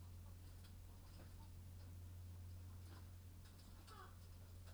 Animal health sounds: poultry house recording; sick chickens (respiratory disease)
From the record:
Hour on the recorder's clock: 21

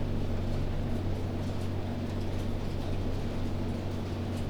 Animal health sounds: poultry house recording; no chicken sound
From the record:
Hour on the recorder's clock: 23

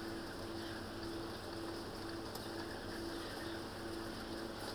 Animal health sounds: poultry house recording; healthy chickens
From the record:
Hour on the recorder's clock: 22

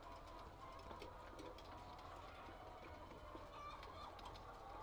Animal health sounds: poultry house recording; healthy chickens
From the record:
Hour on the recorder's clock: 8

